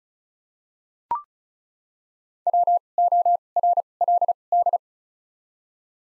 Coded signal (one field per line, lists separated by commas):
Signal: Morse code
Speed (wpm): 36 wpm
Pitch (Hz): 700 Hz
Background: none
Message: WORLD